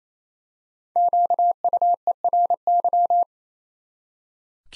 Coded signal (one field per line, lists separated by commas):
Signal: Morse code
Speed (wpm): 27 wpm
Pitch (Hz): 700 Hz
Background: none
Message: QUERY